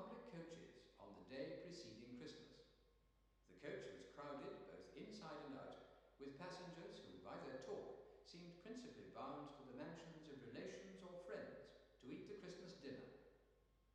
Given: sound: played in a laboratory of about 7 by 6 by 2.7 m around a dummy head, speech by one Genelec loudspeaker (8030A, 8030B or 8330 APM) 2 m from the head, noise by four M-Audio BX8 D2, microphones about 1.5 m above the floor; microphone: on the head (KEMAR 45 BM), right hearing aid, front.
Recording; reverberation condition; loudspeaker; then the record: male speech in English; high; 150 degrees to the right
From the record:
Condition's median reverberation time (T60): about 1300 ms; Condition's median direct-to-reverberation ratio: about -4.0 dB